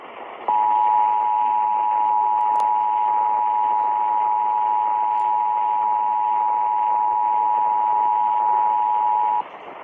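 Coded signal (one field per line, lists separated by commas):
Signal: Emergency Alert System (SAME) tones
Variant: 853 and 960 Hz attention tone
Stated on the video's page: Required Monthly Test relayed on an AM broadcast station at 1100, followed by station ID.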